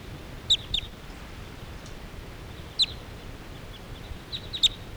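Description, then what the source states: Crossbill flight calls: short, sharp, high chips, some doubled, scattered at irregular intervals over a quiet background hiss. Flock flying away, birds flying around in the air.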